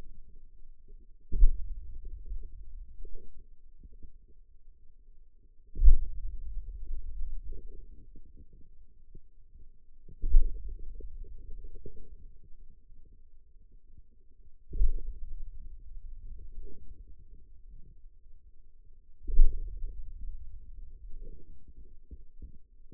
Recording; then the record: forearm muscle sounds (acoustic myography)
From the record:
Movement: hand opening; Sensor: system 2, bracelet of six BSWA MPA416 microphones around the upper forearm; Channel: 3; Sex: male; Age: 22 years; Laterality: right